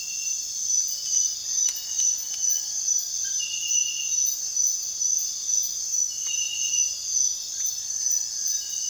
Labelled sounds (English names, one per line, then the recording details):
none
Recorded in secondary vegetation near Puerto Asís, Putumayo, Colombia, on 24 June 2025 at 04:30
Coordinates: 0.498, -76.327
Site GP09